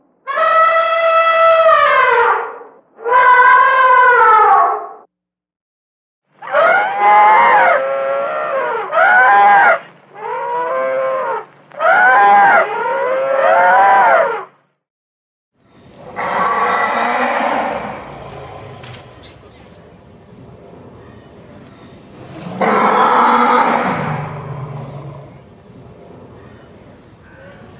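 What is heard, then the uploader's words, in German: Zoo animals call in loud, wavering bursts, first a few cries in the opening seconds, then rougher, noisier calls over low background murmur. Tierstimmen und Geräusche im Zoo.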